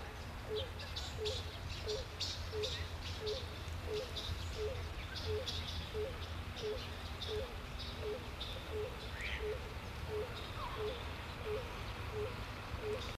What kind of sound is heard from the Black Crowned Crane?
courtship call